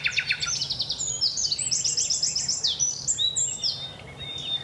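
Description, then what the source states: Common Nightingale song opening with loud, rapid repeated notes, followed by a tumble of high sweet whistles and short trills. Increasingly scarce bird singing at the crack of dawn on a common with woodland in Dorset, Britain.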